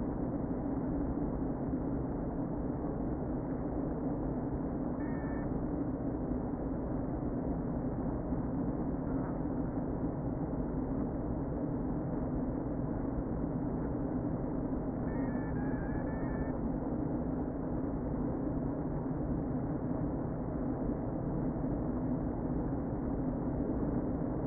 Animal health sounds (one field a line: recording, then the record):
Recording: honeybee colony, microphone inside the hive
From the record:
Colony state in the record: queen present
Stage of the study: before two queens were removed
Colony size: about 60,000 bees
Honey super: yes